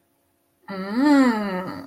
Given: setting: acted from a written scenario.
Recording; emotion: vocal sound without words; realization